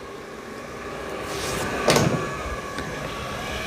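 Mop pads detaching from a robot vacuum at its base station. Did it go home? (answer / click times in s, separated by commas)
released / 1.9 s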